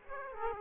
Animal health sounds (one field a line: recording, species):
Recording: mosquito wingbeat signal from an infrared sensor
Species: Aedes aegypti